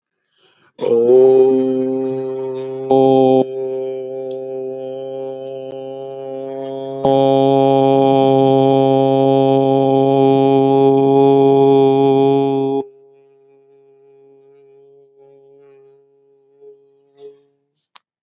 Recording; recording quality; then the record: sustained vowel as in boot; excellent, no background noise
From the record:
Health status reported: healthy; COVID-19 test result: not tested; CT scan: not taken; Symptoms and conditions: none ticked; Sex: male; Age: 32 years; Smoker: no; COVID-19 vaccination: both doses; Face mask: not worn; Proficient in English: yes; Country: India